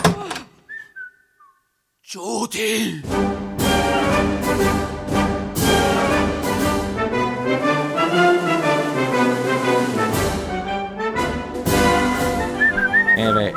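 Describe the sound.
A voice calls out once, then someone whistles the Semper Fidelis march, a bright, steady melody over full, loud accompaniment that carries on for about eleven seconds.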